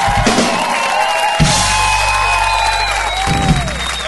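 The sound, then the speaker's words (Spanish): A concert audience claps steadily for about four seconds to send off the musician Starchek Paletak after he played. The applause is a dense, even wash with scattered cheers and high whistles rising above it. “Un aplauso para despedir al maestro Starchek Paletak, que vino a tocar con ustedes esta noche.”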